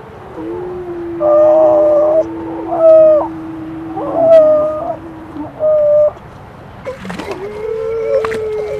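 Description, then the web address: Grey seal moans: a long steady low hum underneath while higher, flat-toned wails start and stop in short blocks, then a lower drawn-out call at the end. "gray seal"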